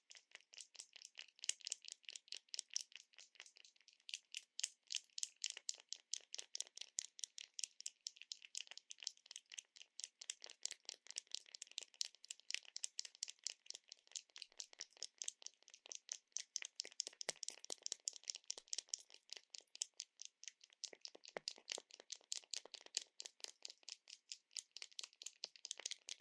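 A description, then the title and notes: Quick, crisp tapping runs through the whole stretch, light clicks that come in fast, fairly regular bursts with brief pauses. The taps are bright and dry with little low end, and a faint soft rustle sits beneath some passages. 解壓．觸發．敲擊. Tapping for Tingles. NO Talking.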